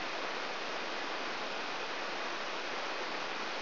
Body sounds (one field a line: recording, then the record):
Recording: brain microelectrode recording played as sound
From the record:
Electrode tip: outside the subthalamic nucleus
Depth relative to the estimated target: 1 mm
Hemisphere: right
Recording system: AlphaMap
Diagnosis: Parkinson's disease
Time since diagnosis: 26 years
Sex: female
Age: 68 years